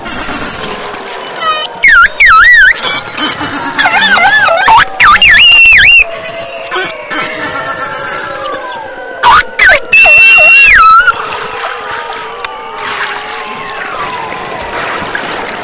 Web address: beluga whale